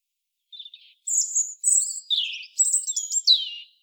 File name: Erithacus rubecula